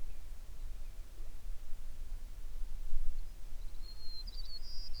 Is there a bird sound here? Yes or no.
yes